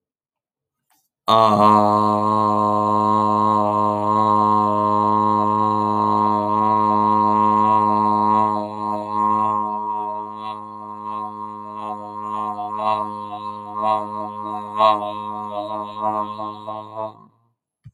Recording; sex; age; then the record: vowel held as long as possible; male; 30 to 39 years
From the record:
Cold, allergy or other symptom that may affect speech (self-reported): no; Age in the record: 30 years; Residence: Maryland, United States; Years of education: 16